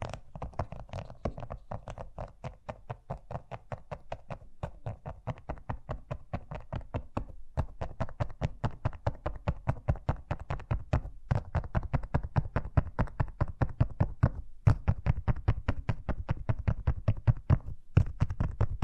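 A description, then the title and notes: Fast tapping runs continuously for the whole stretch, sharp knock-like strikes arriving in a rapid, fairly even rhythm of several per second. Each tap has a low thud with a crisp top. Brief gaps interrupt the pattern near 7.5, 11, 14.5 and 17.5 seconds, and the hits grow slightly louder over time. ASMR Braingasm Inducing Fast Tapping (No Talking).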